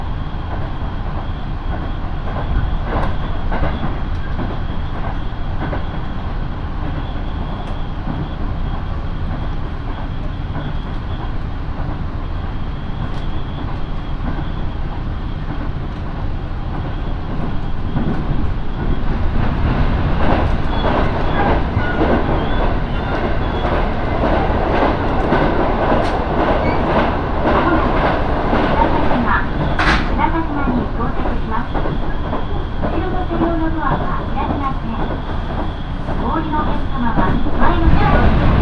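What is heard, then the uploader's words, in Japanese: A local train on the Minobu Line rolls along with a steady low rumble and rattling throughout. Around twenty seconds in the noise grows fuller and busier, with clicks and clatter, and a brief sharp squeal near thirty seconds; it swells again at the end. 耳で楽しむ鉄道旅 身延線普通 身延→市川大門。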